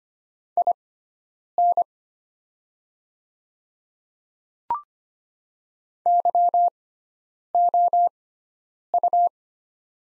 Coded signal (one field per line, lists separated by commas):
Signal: Morse code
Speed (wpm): 25 wpm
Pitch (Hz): 700 Hz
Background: none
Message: IN YOU